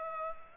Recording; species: mosquito wingbeat signal from an infrared sensor; Culex pipiens